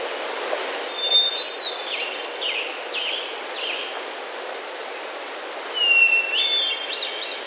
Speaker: While hiking there recently with friends, we came across the hauntingly beautiful phrasings of a hermit thrush singing in the shade of some mature conifers.